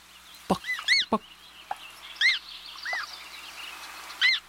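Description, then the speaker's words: American coot calls: clear, arched peeping notes with bright harmonics, given singly and in pairs at irregular intervals, plus a few sharp clicks. Chick and its parent on water; the adult's call is audible. "Let's move from forest to water to hear an American coot chick and its parent. Listen for the call of the adult."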